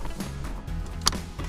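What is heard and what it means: A plastic console component of a MagSafe iPhone charger tray is pressed into the center console of a 2017-2022 Ford Super Duty truck during a tray replacement. Over a low, steady hum, a single strong, sharp click sounds at 1.1 s, and the part is seated in place.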